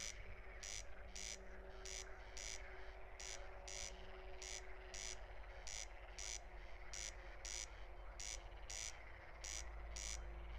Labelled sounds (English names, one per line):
Corn Crake song